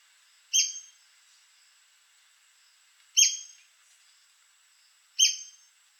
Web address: White crested spadebill. پرنده-بیلچه-نوک-کاکل-سفید